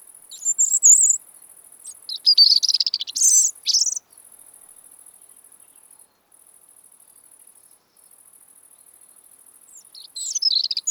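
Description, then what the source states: European robin, song fragments: bright high warbled phrases at the start and again near the end, with a steady high-pitched insect-like trill running throughout. Robin singing in autumn, when it resumes song as northern migrants arrive.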